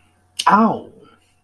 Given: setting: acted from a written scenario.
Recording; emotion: vocal sound without words; pain